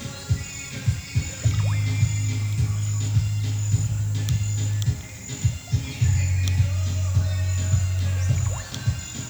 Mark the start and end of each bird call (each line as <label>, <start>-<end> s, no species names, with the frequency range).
bird call (0.9-5.9 kHz), 0.12-9.29 s